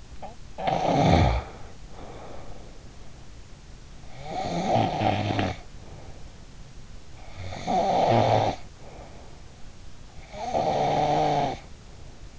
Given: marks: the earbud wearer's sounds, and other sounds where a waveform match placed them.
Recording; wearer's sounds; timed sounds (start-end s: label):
sounds in sleep by an in-ear microphone; snoring breath
0.00-3.37 s: snoring breath
4.02-6.86 s: snoring breath
6.94-9.80 s: snoring breath
9.99-12.39 s: snoring breath